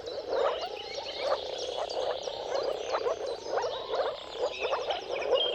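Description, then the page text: Chorus of moor frogs, hollow bubbling woops in rapid overlapping bursts, while birds sing thin whistles and trills over them. Chorus of moor frogs giving mating calls at sunrise, at the turn of March and April depending on the weather. "Dawn’s Chorus: Mating Calls of Marsh Frogs at Sunrise. Depending on the weather at the turn of March and April, you can witness an amazing spectacle of moor frogs. earth-fm Jakub-Orzecki moor frogs"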